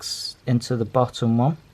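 A Crucial DDR3 RAM module is being handled for the bottom memory slot of a 15-inch 2012 MacBook Pro, being upgraded to eight gigabytes. Over a brief hiss at the start, someone talks. Nothing has seated or clicked yet.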